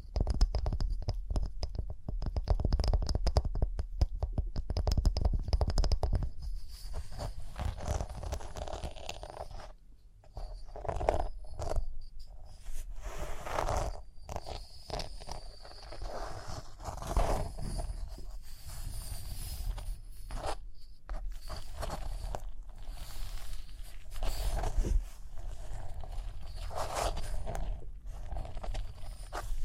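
Tapping, scratching and brushing on rhinestones, with dense rapid scraping strokes through the first six seconds. After that the texture turns patchier: bursts of brushing and scratching alternate with short gaps, and a faint steady whine sits high in the background throughout.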